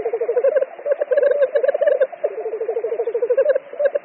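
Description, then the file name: Black grouse bubbling song, a rapid run of low cooing pulses in rolling phrases, with softer overlapping bubbling behind. "Tetřívek-obecný"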